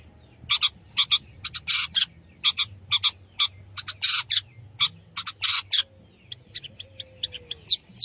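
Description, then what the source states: Long-tailed shrike singing a rapid burst of harsh, scratchy notes, then softer, thinner chirps trailing off toward the end. Singing lively in the gacor style.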